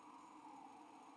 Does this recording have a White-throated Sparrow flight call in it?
no